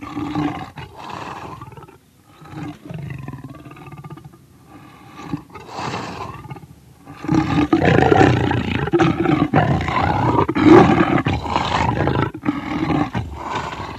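Leopard with softer growls at first, then a long stretch of loud, harsh snarling roars in rapid, grating bursts.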